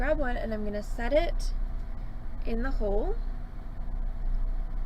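A gemstone is picked up and set loosely into the stone hole of a silver ring, ready to be pushed home with a prong pusher, while someone talks over a steady low hum. Nothing has seated or clicked yet.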